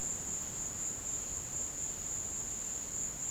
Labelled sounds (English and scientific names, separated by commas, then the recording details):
none
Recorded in pastures near Puerto Asís, Putumayo, Colombia, on 23 June 2025 at 15:00
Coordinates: 0.496, -76.326
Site GP01